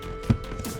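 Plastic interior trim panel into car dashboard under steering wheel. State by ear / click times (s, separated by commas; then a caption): not seated / none. A plastic interior trim panel is lined up and pushed back into the dashboard under the steering wheel of a Ford Fiesta EcoBoost, with music playing in the background. A brief low knock comes at about 0.3 s as the panel is handled. Nothing has seated or clicked yet.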